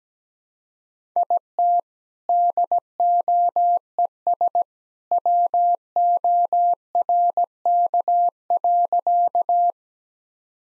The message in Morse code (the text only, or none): IT DOES WORK.